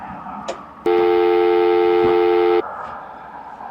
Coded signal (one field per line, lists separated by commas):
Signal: telephone call progress tone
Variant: North America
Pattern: dial tone